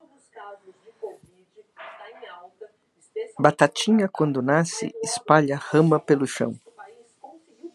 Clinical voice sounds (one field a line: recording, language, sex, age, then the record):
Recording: short text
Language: Brazilian Portuguese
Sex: female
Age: 60 to 69 years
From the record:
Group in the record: control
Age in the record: 63 years